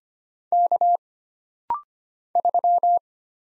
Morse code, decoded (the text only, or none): K 3